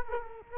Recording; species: mosquito wingbeat signal from an infrared sensor; Culex quinquefasciatus